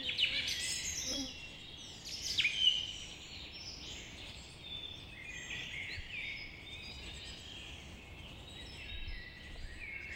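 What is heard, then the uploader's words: Forest birds sing in a dense, overlapping chorus of high chirps and trills that continues throughout. Sharper calls stand out around two and a half seconds. A soft low rumble of outdoor background noise sits beneath the birdsong. Forest birds are singing. Forest Birds Singing.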